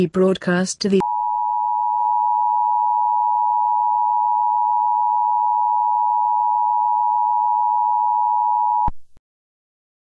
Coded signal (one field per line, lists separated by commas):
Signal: Emergency Alert System (SAME) tones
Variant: 853 and 960 Hz attention tone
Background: speech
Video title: Empty - A Black Hole EAS Scenario (Real-Time)